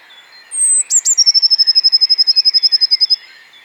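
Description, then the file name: Eurasian blue tit song: a drawn-out high note, two sharp notes, then a long even trill of about twenty fast notes, with other birds faint behind. "Cyanistes caeruleus"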